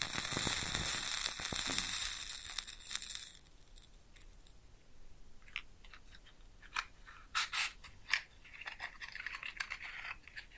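A match is struck and flares up, a dense bright hiss and crackle filling the first three seconds before fading. After that, quieter scattered crackles and sharp sizzling ticks follow, with a few louder pops near seven and eight seconds and a soft sizzle toward the end.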